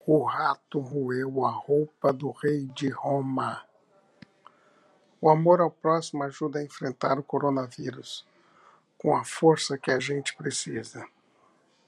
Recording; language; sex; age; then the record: spoken sentence; Brazilian Portuguese; male; 50 to 59 years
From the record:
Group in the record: control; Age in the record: 56 years